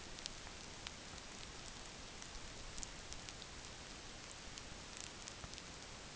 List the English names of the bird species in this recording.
none